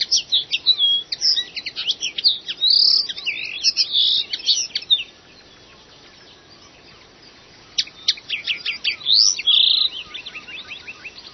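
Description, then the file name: Common linnet singing in two bursts of rapid twitters and chattering notes, separated by a pause of about three seconds, over a low steady hiss. "linotte"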